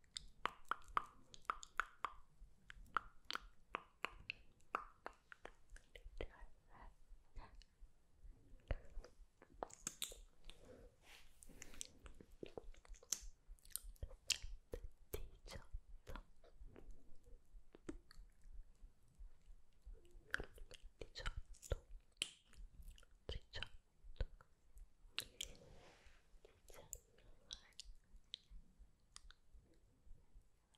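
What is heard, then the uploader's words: Layers of lip gloss being applied, heard as a dense run of sticky, wet clicks and smacks that keeps going for the whole half minute. The pops come fast and irregular with a soft low rustle underneath, and a few sharper, brighter smacks stand out around ten to fifteen seconds in. 100 LAYERS OF LIPGLOSS ASMR.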